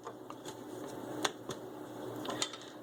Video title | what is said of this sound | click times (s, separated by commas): How to replace light bulbs in the Volvo radio / stereo, Volvo 850, S70, V70, 960, S90, etc. - VOTD | pull these off they kind of snap in place so they come off with a little snap now | 0.3 s, 1.3 s, 2.4 s